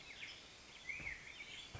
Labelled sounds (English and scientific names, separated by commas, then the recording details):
Black-headed Grosbeak (Pheucticus melanocephalus)
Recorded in Sonoma County, California